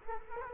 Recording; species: mosquito wingbeat signal from an infrared sensor; Culex quinquefasciatus